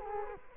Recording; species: mosquito wingbeat signal from an infrared sensor; Culex quinquefasciatus